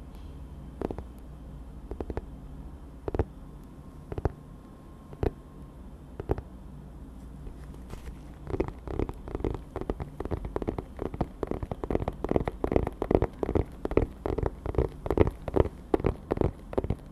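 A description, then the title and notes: Tapping on dark objects, dry, over a low steady hum. For the first eight seconds single taps come about once a second. After that the pace quickens into rapid, uneven bursts of brighter clicks that continue to the end. ASMR TAPPING on Dark things 黒いものにタッピング.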